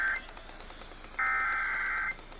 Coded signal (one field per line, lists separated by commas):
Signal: Emergency Alert System (SAME) tones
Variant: header bursts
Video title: Eas Hgx Toa on KTRH-AM Eas#2031